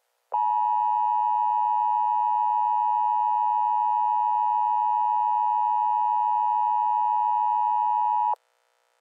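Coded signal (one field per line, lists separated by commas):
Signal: Emergency Alert System (SAME) tones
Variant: 853 and 960 Hz attention tone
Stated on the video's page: Fictional zombie EAS troll, not a genuine alert.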